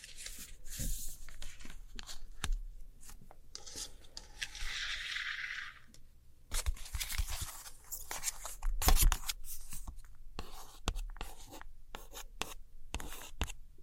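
Scratchy tracing and light tapping on old postcards, with dry rubbing strokes and quick taps scattered throughout. A longer hissing scrape runs from about four to six seconds, and a sharper cluster of taps lands near nine seconds, with a faint low hum underneath.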